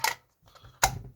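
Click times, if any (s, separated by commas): 0.1 s, 0.8 s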